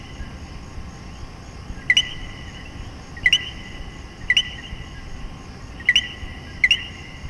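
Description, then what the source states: Common coquí giving five two-note co-qui calls, low then high, at uneven gaps, with a constant buzzing chorus behind. Several coquíes calling in Puerto Rico.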